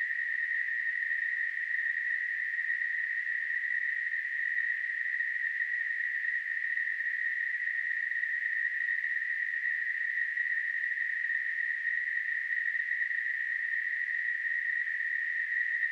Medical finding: Tinnitus.